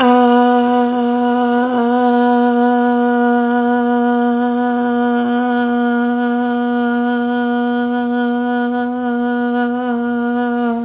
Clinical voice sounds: sustained vowel /a/; female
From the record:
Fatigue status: no fatigue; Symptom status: symptomatic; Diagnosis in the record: COVID-19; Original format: 3gp

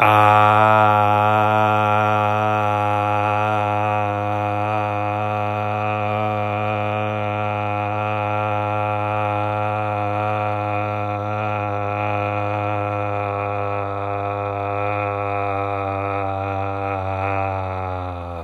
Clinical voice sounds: sustained vowel /a/; male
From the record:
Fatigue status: no fatigue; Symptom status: symptomatic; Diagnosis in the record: COVID-19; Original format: m4a

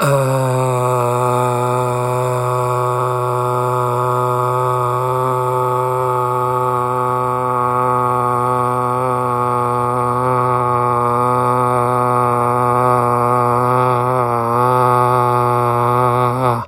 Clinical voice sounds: sustained vowel /a/; male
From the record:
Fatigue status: no fatigue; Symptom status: symptomatic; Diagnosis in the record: COVID-19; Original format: m4a

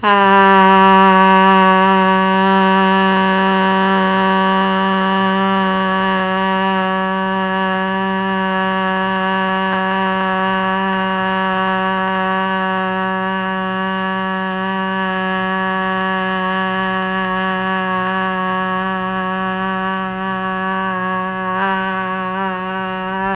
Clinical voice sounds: sustained vowel /a/; female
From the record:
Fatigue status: no fatigue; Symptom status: symptomatic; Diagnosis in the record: COVID-19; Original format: m4a

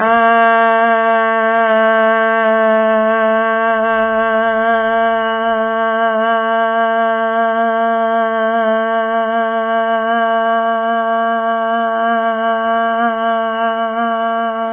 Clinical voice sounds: sustained vowel /a/; female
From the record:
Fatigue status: no fatigue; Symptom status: asymptomatic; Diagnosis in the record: COVID-19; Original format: 3gp

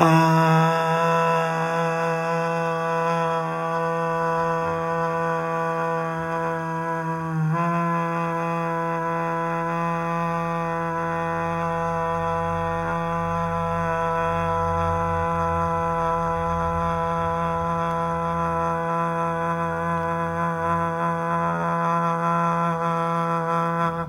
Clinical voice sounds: sustained vowel /a/; male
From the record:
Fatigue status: no fatigue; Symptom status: asymptomatic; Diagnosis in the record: COVID-19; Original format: m4a

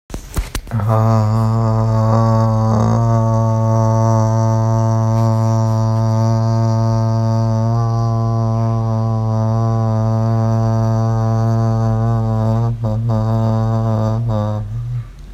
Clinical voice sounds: sustained vowel /a/; male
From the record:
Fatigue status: no fatigue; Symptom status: symptomatic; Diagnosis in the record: COVID-19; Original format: m4a

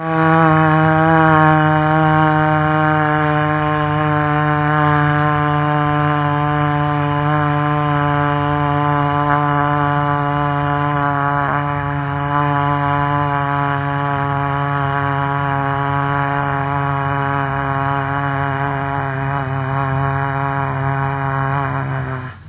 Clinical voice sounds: sustained vowel /a/; female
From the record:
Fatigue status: fatigue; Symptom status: symptomatic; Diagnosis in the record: COVID-19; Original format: 3gp

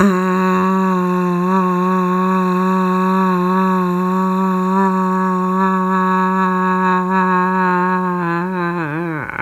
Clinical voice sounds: sustained vowel /a/; female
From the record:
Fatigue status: no fatigue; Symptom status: symptomatic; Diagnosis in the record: COVID-19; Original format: m4a

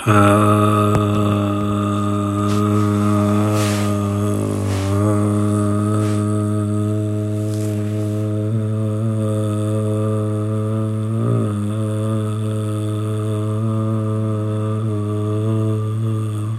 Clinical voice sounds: sustained vowel /a/; male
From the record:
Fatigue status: fatigue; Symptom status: symptomatic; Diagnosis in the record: COVID-19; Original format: m4a

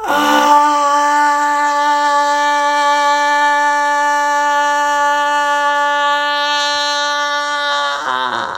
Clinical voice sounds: sustained vowel /a/; female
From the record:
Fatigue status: no fatigue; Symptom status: asymptomatic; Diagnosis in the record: COVID-19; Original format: m4a

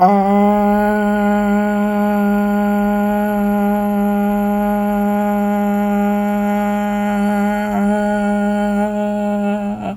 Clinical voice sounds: sustained vowel /a/; female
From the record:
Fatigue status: fatigue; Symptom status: symptomatic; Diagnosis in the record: COVID-19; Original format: m4a

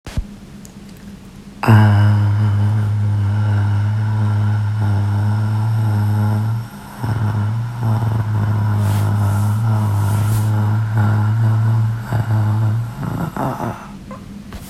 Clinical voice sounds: sustained vowel /a/; female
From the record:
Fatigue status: fatigue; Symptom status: symptomatic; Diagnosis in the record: COVID-19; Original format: m4a

